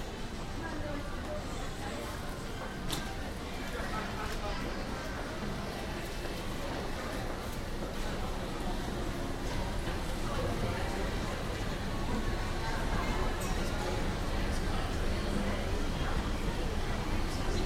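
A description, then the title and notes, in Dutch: Customers and staff fill a department store with a steady murmur of overlapping voices, none standing out clearly. The crowd noise is dense and even, growing slightly louder toward the end, with occasional brief clicks and knocks scattered through the indoor hubbub. Klanten en personeel in De Bijenkorf aan de Grote Marktstraat. Recorded as part of "The Hague Sound City" for State-X/Newforms 2010.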